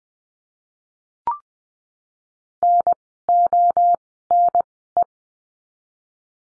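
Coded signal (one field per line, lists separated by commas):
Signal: Morse code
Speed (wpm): 19 wpm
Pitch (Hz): 700 Hz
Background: none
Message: N O N E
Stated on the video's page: Morse code course lesson drilling words with the letter I, at Farnsworth speed of 20/10 wpm.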